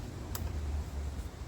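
While reinstalling the alternator on a 2007-2014 Ford Edge/Explorer, a plastic electrical wiring harness connector clip is pushed onto the alternator. A single sharp, short click sounds at 0.4 s over a low background rumble, and the clip is seated.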